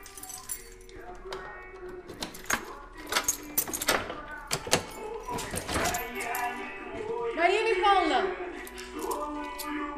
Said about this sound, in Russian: Кира стучит в дверь.